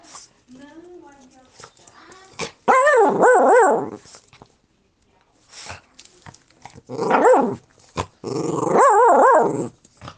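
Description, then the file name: Dog growling and snarling in a few loud, rough bursts separated by pauses, with softer sounds and some clicking noises between. "Dogbarking"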